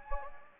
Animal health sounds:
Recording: mosquito wingbeat signal from an infrared sensor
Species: Anopheles gambiae

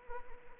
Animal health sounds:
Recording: mosquito wingbeat signal from an infrared sensor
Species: Anopheles arabiensis

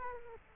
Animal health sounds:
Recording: mosquito wingbeat signal from an infrared sensor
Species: Culex quinquefasciatus

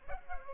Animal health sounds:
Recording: mosquito wingbeat signal from an infrared sensor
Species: Culex pipiens

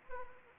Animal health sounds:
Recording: mosquito wingbeat signal from an infrared sensor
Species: Anopheles arabiensis

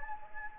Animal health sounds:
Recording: mosquito wingbeat signal from an infrared sensor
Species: Anopheles gambiae

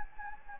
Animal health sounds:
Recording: mosquito wingbeat signal from an infrared sensor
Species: Anopheles gambiae

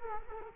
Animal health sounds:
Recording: mosquito wingbeat signal from an infrared sensor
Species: Culex quinquefasciatus

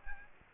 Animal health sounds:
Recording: mosquito wingbeat signal from an infrared sensor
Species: Aedes aegypti

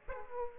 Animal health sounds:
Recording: mosquito wingbeat signal from an infrared sensor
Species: Aedes aegypti

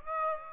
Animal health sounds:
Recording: mosquito wingbeat signal from an infrared sensor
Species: Aedes aegypti

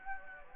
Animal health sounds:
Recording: mosquito wingbeat signal from an infrared sensor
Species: Anopheles gambiae

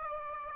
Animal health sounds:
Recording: mosquito wingbeat signal from an infrared sensor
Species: Aedes aegypti

